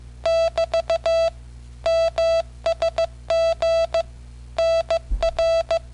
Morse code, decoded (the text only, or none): <BT> MSG NR